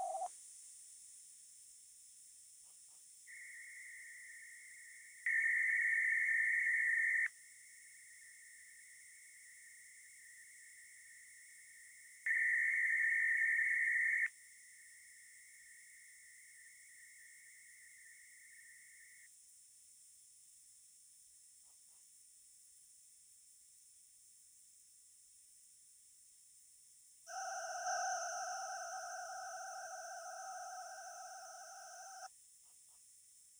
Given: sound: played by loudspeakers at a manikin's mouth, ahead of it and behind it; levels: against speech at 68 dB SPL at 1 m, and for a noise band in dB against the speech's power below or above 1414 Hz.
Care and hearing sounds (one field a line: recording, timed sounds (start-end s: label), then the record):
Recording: test signals for a remote microphone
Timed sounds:
0.00-0.26 s: noise band at 707 Hz, -13 dB
3.26-5.26 s: noise band at 2000 Hz, -13 dB
5.26-7.26 s: noise band at 2000 Hz, +22 dB
7.26-12.26 s: noise band at 2000 Hz, -13 dB
12.26-14.26 s: noise band at 2000 Hz, +22 dB
14.26-19.26 s: noise band at 2000 Hz, -13 dB
27.26-32.26 s: four noise bands (707, 1414, 2828 and 5656 Hz), 50 dB SPL
From the record:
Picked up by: remote microphone C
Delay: 23 ms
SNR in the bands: 32 dB at 707 Hz, 27 dB at 1414 Hz, 14 dB at 2828 Hz, 22 dB at 5656 Hz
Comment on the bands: gain adaptation more progressive through entire signal